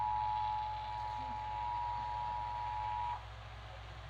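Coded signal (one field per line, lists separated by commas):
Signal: Emergency Alert System (SAME) tones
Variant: 853 and 960 Hz attention tone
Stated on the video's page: Flash flood warning received on eleven stations, flash flood statement on one station.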